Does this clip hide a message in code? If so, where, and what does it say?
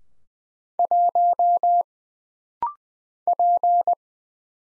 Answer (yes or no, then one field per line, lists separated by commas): yes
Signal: Morse code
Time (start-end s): 0.8-3.9 s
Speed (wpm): 20 wpm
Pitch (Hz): 700 Hz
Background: none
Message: 1 P